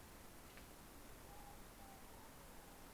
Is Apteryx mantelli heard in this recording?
no